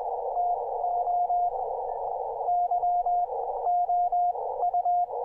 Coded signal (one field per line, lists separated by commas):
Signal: Morse code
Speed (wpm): 20 wpm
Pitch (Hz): 710 Hz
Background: radio noise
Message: TO YOU